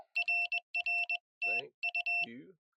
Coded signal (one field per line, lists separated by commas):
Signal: Morse code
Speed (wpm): 20 wpm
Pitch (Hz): 2700 Hz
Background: none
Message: RR TU